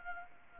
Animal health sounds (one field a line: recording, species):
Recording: mosquito wingbeat signal from an infrared sensor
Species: Anopheles arabiensis